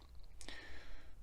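A seated microSD card in an action camera's card slot is pushed in to release the spring latch, giving a sharp click at 0.4 s followed by a brief ringing tone. The card then jumps back up so it can be pulled out.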